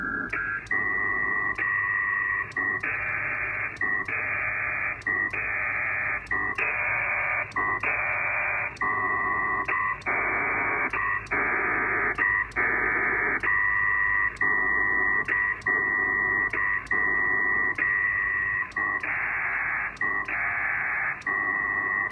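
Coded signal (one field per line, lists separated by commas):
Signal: HF data modem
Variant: PACTOR 4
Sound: continuous harsh hissing data bursts, each about a second, broken by brief clicky pauses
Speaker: so let's see if it'll connect [Applause] perfect no mail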